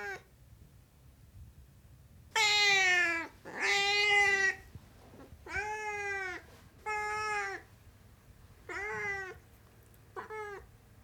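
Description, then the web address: Siamese cat meowing, a string of several loud, drawn-out harmonic meows with short pauses, some wavering and bending down at the end. "The BBC Sound Effects Library. Siamese Cat Meowing"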